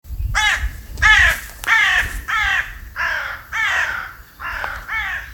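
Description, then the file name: Carrion crow calling with eight harsh, hoarse caws about every two-thirds of a second, over a low steady rumble. "Corvus corone"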